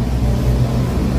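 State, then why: Not seated. A repaired headlight bulb socket is handled as it is test-fitted into the headlight assembly of a 1998 Mitsubishi Adventure, to check that it fits. A steady low hum and rumble runs throughout with no distinct impacts. Nothing has seated or clicked yet.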